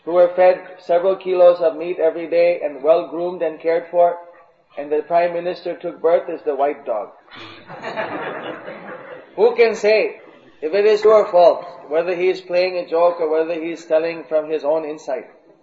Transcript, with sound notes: who were fed several kilos of meat every day and well groomed and cared for and the Prime minister took birth as the white dog. (laughter) Who can say, if it is your fault? Whether he is playing a joke or he is studying from his own insight?,